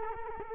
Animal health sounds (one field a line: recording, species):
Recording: mosquito wingbeat signal from an infrared sensor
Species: Culex quinquefasciatus